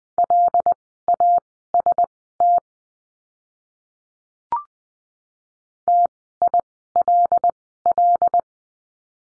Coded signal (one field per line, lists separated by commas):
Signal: Morse code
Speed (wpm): 19 wpm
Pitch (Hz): 700 Hz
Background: none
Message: LAST TILL